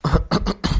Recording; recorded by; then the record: voluntary cough; messaging app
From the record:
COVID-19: positive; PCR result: self-reported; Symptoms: yes